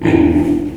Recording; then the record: squeal of a Yucatan mini pig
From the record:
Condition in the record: before surgery on the right vocal fold (resection and tissue-engineered implant); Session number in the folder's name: 1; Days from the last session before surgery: -21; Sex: female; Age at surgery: 19 weeks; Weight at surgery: 25 kg